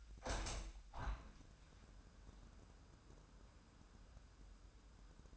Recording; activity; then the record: daily activity, microphone in the room; open window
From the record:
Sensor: 2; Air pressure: 998.0 hPa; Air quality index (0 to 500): 146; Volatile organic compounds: 4 ppm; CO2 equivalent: 1654 ppm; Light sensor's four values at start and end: 10/29/12/11 and 10/29/12/11